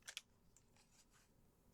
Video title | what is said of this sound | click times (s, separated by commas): Temu Haul 2026! Fun Finds, Summer Picks & Storage Solutions | Yeah, that didn't lock into place. | none